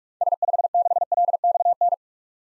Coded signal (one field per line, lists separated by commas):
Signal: Morse code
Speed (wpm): 46 wpm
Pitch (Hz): 700 Hz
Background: none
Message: S56LXN